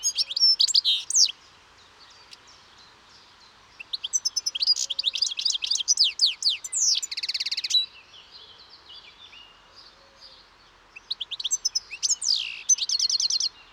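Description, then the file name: European goldfinch song, three lively bursts of rapid, sweet twittering, buzzy trills and sharp high notes separated by short pauses. "Carduelis carduelis"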